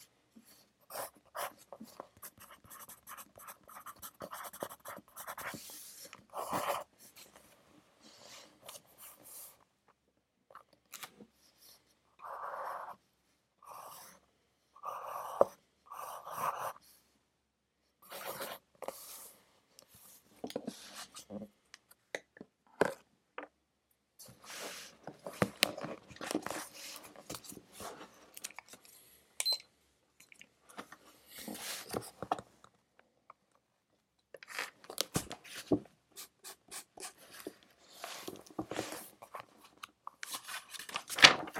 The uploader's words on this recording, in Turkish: Sessiz odada 60 dakika boyunca kurşun kalem ile ders çalışma; ortam sesleri, beyaz gürültü alt yapısı.